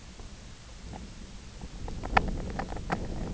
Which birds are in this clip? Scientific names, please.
none